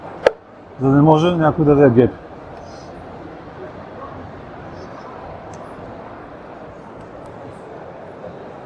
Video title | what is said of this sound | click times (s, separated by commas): 🆕🛴 Новото от VSETT през 2024. Влог от Милано и представяне на VSETT Apex 9 | отключва и сега като я поставя ще се заключи за | 0.3 s